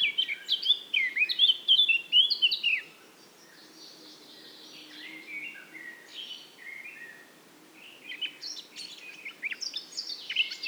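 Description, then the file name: Eurasian blackcap song with rapid whistled and warbled notes, a quieter subdued warble in the middle, then another bright phrase at the end. "Sylvia atricapilla"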